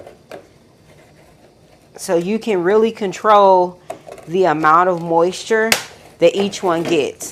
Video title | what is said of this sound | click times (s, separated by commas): DOLLAR TREE GARDEN SUPPLIES / TEA PARTY / SEED STARTING/ HYDRANGEA PROPAGATION | what'll happen is these just snap in place | 0.3 s